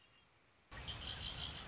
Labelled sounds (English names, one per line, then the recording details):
Red-winged Blackbird
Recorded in Sonoma County, California